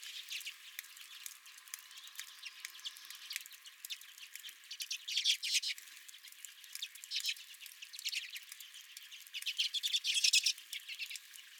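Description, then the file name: Redpolls uttering dry, twittering chatters and short rattles, scattered bursts with a louder run near the end. Several redpolls at the recordist's own feeder. "Redpolls at My Feeder"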